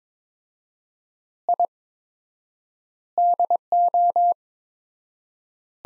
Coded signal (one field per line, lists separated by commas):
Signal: Morse code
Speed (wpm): 22 wpm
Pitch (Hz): 700 Hz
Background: none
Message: I DO